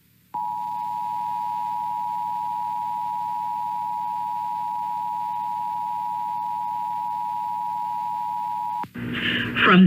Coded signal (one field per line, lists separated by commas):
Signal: Emergency Alert System (SAME) tones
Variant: 853 and 960 Hz attention tone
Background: speech